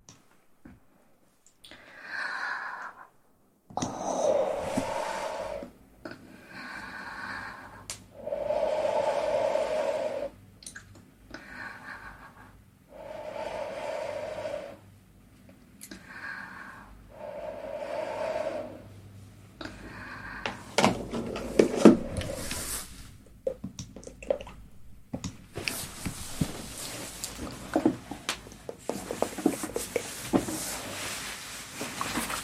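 Quiet mouth sounds and soft whispered murmurs come in short bursts separated by brief silences for most of the clip, with wet, squishy clicks in between. After about 25 seconds, a dense, crackling scratching right against the microphone takes over.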